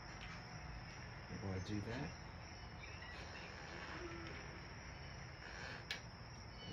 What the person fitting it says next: And it's locked back in place.